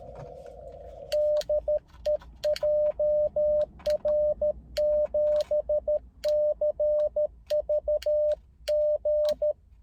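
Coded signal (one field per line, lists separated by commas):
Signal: Morse code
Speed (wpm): 13 wpm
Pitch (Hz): 600 Hz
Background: radio noise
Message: DE JR7CVG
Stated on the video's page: Beginner's CW contacts on 30m made from inside a car while operating portable, likely a POTA activation, with frequent sending errors.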